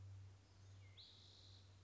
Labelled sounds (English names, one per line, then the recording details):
Spotted Towhee
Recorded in Sonoma County, California